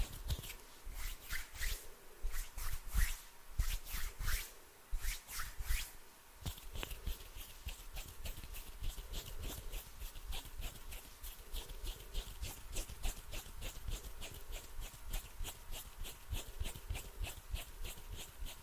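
Hand sounds with fluttering fingers, made up of quick, bright rubbing and brushing strokes. The first six seconds bring louder, uneven bursts of rubbing; after that the strokes turn softer, faster and more regular, repeating steadily to the end. No speech is heard.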